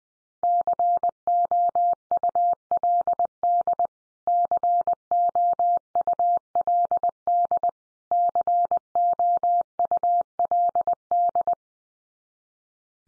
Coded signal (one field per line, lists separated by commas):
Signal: Morse code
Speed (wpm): 20 wpm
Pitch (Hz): 700 Hz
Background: none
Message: COULD COULD COULD